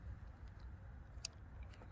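A screwdriver keeps turning a multi-turn trim potentiometer on a DC converter board clockwise, and its end-stop clutch clicks sharply at 1.2 s over a low rumbling background, with fainter ticks afterward. The click shows the pot is adjusted as far as it can go, turning the current all the way up.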